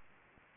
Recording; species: mosquito wingbeat signal from an infrared sensor; Anopheles gambiae